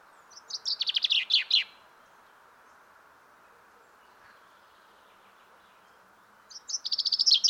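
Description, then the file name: Common chaffinch song: an early burst of rapid, descending high chirping notes ending in a flourish, then after a long silence a second song begins near the end and is cut off. "Fringilla coelebs"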